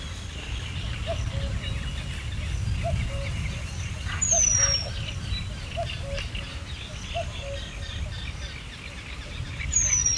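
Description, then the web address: Eurasian penduline tit calls: two thin, high whistles sliding downward, well apart, over low repeated two-note calls and a busy background chorus of other birds. Hortobágy National Park, 2 May 2013; long-sustained calling, recorded together with common cuckoo and other birds. "allathangok hortobagyinemzetipark 2013. fuggocinege kakukk hosszantartoanfuggocinege esmasok 2013 majus 02"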